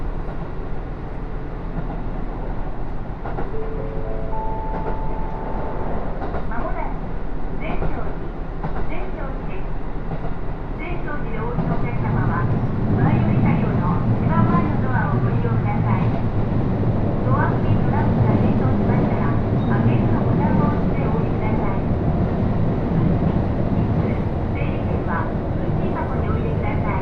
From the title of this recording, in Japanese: 高山本線普通 上呂→下油井